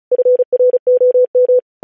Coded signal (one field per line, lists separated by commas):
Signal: Morse code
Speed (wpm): 36 wpm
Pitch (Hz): 500 Hz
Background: none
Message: FROM